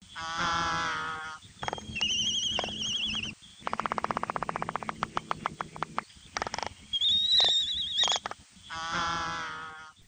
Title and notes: Mōlī, or Laysan albatrosses, breed in large numbers across the Northwestern Hawaiian Islands